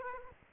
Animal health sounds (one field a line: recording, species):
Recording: mosquito wingbeat signal from an infrared sensor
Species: Aedes aegypti